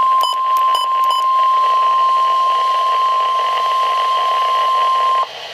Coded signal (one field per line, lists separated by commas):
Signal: Emergency Alert System (SAME) tones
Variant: 1050 Hz attention tone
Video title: EAS #262 - Severe Thunderstorm Watch #417 (6/22/2012)